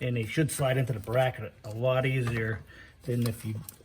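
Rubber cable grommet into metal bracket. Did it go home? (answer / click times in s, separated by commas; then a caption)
no / none. Rubber cable grommets, lubricated with silicone spray, are handled near a metal bracket during a starter replacement on a 1999 Toyota Camry while someone talks. Nothing has seated or clicked into the bracket yet; the clip ends before the grommet snaps home.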